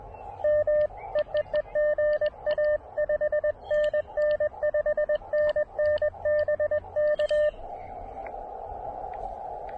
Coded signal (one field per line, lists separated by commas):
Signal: Morse code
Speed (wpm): 20 wpm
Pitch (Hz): 600 Hz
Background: radio noise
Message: M EEE GA 5NN 5NN BK